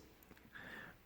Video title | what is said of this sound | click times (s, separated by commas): SOG Paratool UK legal | nice click when it opens up now | 0.2 s, 0.4 s